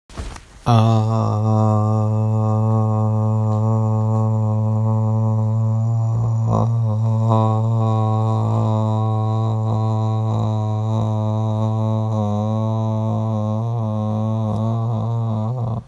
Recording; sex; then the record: sustained vowel /a/; male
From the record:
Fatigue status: no fatigue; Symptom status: asymptomatic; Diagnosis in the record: COVID-19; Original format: m4a